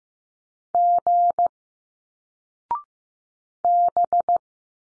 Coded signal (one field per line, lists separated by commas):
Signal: Morse code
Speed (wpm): 15 wpm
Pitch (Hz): 700 Hz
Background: none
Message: G B